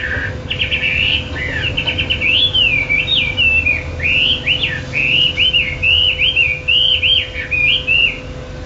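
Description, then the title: Bird singing a long, fast series of buzzy, wavering whistled notes that rise and fall repeatedly throughout, with a faint background hum. "SuaraBurung Kicau6"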